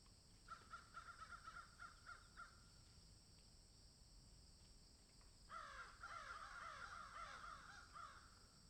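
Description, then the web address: Crows give a quick run of caws, then a pause of a few seconds, then a louder overlapping burst of harsh caws from several birds. Crows cawing in a field. "Debarup Travel Films - Crows Caw in Field"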